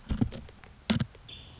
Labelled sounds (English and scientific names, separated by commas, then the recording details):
Anna's Hummingbird (Calypte anna)
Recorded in Sonoma County, California